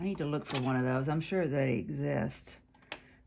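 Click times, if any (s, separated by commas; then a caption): 2.9 s. Someone talks, then during reassembly of a PS700 sewing machine after cleaning and oiling, a plastic or metal part near the bobbin area, likely the needle plate or cover, is pressed into the machine bed. Faint ticks lead up to a single sharp click at 2.9 s as the part snaps into place and is seated.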